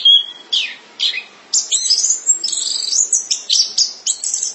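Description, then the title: Thrush singing: a clear whistle, then short slurred notes and a rush of high twittering and trilled phrases. "burung anis x"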